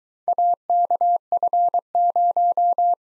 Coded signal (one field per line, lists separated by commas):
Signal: Morse code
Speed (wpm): 22 wpm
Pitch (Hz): 700 Hz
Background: none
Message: AKF0